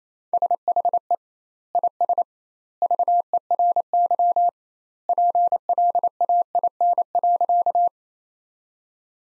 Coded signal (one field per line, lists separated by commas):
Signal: Morse code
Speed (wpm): 28 wpm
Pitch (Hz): 700 Hz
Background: none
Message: SHE IS VERY PLAIN.